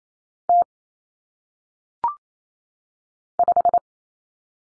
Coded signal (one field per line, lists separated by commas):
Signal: Morse code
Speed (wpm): 28 wpm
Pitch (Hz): 700 Hz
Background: none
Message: T 5